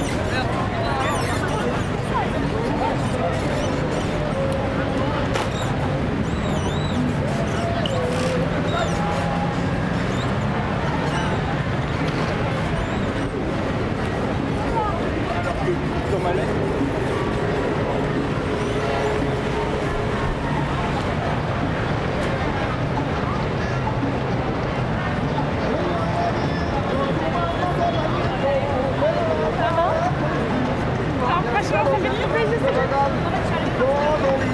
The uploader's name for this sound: Paris, Île de France, France